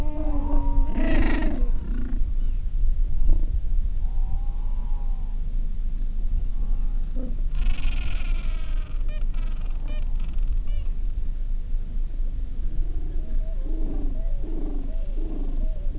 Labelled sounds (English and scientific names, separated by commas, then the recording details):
Gentoo Penguin (Pygoscelis papua)
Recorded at the colony at Selvic Cove, Antarctica, on 13 December 2015
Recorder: Song Meter SM2+